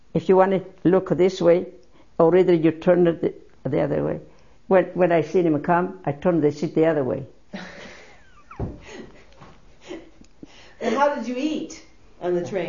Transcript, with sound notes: If you want to look this way, or even you turn it the other way. When I see him come, I turn the seat the other way. ( they laugh )
And how did you eat on the train?